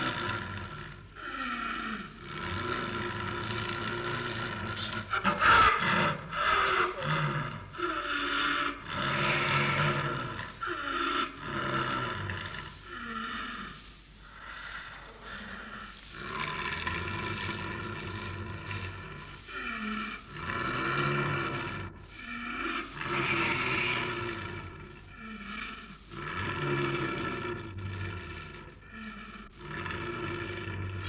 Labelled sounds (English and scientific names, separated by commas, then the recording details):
Snow Leopard (Uncia uncia)
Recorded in captivity
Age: adult
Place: Tierpark Berlin, Berlin, DE
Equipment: Englisches Reportergerät
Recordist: Altmann, Dagmar
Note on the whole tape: Abwehrlaute (Februar 1962)